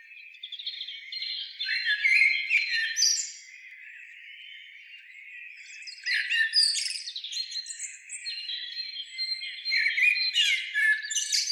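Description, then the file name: Eurasian blackbird giving busy, scratchy chattering and squeaky notes, loud at first, quieter for a few seconds, then a second vigorous burst. "Turdus merula"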